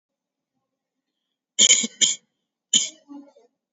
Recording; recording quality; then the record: heavy voluntary cough; excellent, no background noise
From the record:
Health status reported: COVID-19 positive, mild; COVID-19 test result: positive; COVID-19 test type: RT-PCR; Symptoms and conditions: cough, cold, sore throat, fatigue, muscle pain, loss of smell and taste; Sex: male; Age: 26 years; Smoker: no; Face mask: worn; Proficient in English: yes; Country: India